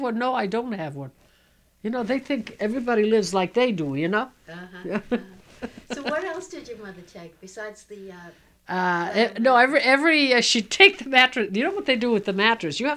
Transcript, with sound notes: "No, I don't have one." They think everybody lives like they do, you know. ( she laughs )
So what else did your mother take besides the, uh...
No, every, she'd take the mattress, you know what they do with the mattress.